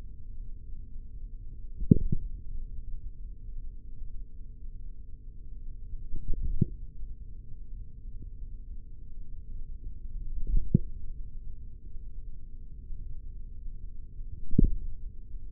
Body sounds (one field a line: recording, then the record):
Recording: forearm muscle sounds (acoustic myography)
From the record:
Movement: tripod grip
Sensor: system 3, bracelet of six PUI Audio POM-2738L microphones around the upper forearm, with dedicated amplification and filtering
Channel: 3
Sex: male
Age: 43 years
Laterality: right